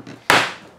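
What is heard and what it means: The second plastic ball end is pressed into the socket of an RC lower control arm, the same way as the first. After a quiet lead-in, a loud, sharp snap rings out at 0.3 s and fades over about half a second. The ball end is seated.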